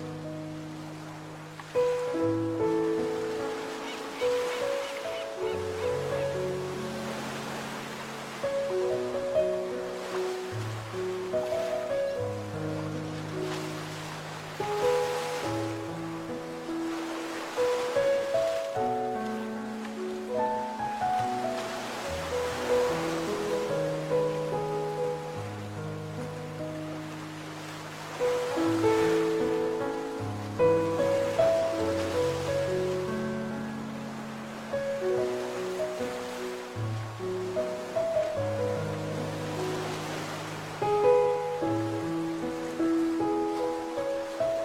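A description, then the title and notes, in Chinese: Waves wash in at the seaside, a hissing surge rising about every six seconds and fading between. Over it runs steady music, with a low bass line and mid-pitched melody notes changing every second or two, continuing throughout. 深度放松 | 海边冥想。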